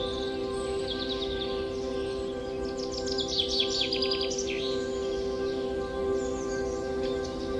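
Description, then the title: Birds chirping: a cluster of fast, repeated high twitters in the middle seconds, fainter chirps before and after, over a steady low tonal hum. Forest birdsong ambience with birds chirping. "Forest Birdsong Nature Sounds Bird Sounds Birds Chirping Ambience"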